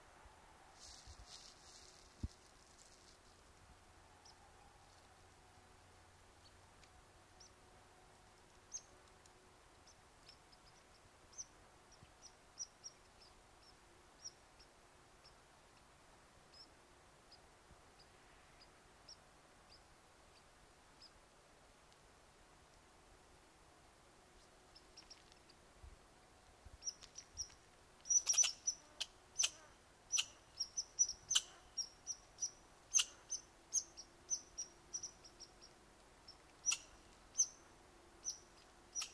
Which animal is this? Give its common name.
Red Squirrel